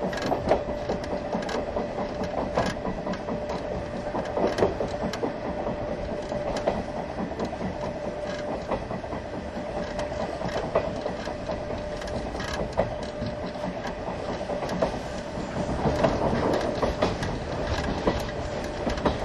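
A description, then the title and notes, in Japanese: An old-style passenger train hauled by an electric locomotive rolls along, with a dense, steady rumble and a constant whining tone running through the whole clip. Sharp clacks from the rails recur every couple of seconds, and the noise swells briefly near the end. 大鐵E10形+旧型客車 大井川本線普通。大井川鉄道オリジナルの機関車がE10形で、その機関車次位の客車はモーター音がよく聞こえます。往年の普通＂客車列車＂の列車走行音。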